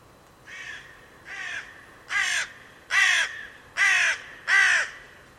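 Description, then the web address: Bird giving six harsh, cawing calls with a downward-bending tone, about one every 0.8 seconds, growing louder after the first two. "cianscape. Deverinetal. Bird Only"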